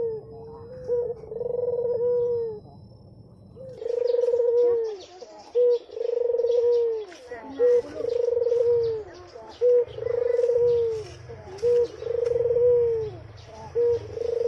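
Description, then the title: Barbary dove cooing repeatedly, each cycle a short clipped note then a rolling coo, the first coo quieter over low humming noise, with faint chirps behind. White Barbary dove (puter putih), a masteran training sound played to songbirds. "Kicau Mania Masteran Burung Puter Putih"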